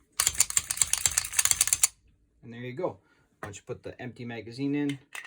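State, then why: Not seated. With an empty magazine inserted into a reassembled 1911 pistol, the steel slide is handled so the slide stop can catch it open, producing a dense run of sharp metallic clicks and rattles from about 0.2 to 1.9 s. Someone then talks. Nothing has seated or clicked home yet when the clip ends.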